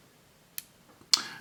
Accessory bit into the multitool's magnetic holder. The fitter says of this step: has a little magnet in there you can kind of hear that click